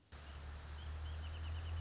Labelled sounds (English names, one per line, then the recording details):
Wrentit
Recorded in Sonoma County, California